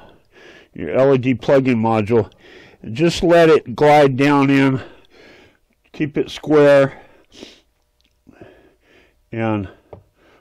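A Tveden 100 watt LED plug-in lamp module is guided down and kept square into the lamp socket of a vintage 8mm Bell & Howell film projector. Someone talks while only light handling contact sounds are heard. The module is lined up but has not yet seated or clicked into place.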